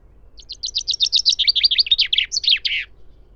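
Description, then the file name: Common chaffinch singing a rattling cascade of quick high notes that drop in pitch, finishing with a brief accented flourish. "Fringilla coelebs"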